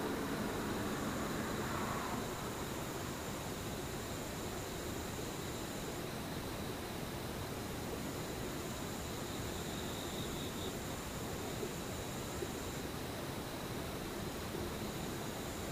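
Insects hum in two steady, thin high tones; the higher one breaks off briefly around six seconds and again near thirteen. Beneath them runs a dense, constant low rumble like a passing train or traffic, with a brief murmur in the first two seconds.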